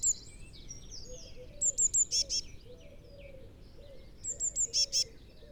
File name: Cyanistes caeruleus